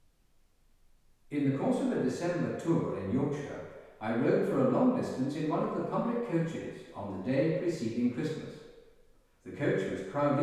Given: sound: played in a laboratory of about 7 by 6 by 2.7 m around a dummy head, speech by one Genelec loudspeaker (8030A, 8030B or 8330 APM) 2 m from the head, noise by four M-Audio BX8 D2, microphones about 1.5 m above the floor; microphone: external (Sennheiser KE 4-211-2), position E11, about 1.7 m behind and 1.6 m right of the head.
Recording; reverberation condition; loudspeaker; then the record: male speech in English; high; 90 degrees to the left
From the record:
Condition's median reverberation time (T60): about 1300 ms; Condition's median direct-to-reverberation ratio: about -4.0 dB